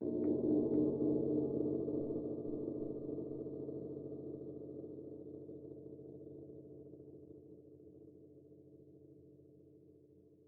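A gong rings out once at the very start and is left to sustain, its deep, layered hum slowly fading over the full ten seconds. A faint shimmer hovers above the core tone early on, then drops away as the low drone lingers alone.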